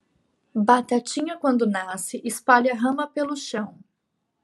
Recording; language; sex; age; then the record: short text; Brazilian Portuguese; female; 30 to 39 years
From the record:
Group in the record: control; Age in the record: 30 years